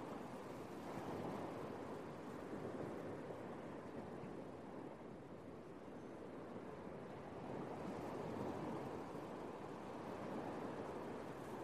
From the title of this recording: Calming Ocean Waves Sounds with Birds